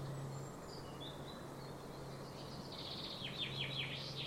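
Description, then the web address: Common starling with soft drawn-out whistles, then a rapid burst of scratchy, clicking notes near the end, over a low steady hum. "Deverinetal 2025. Bird Only"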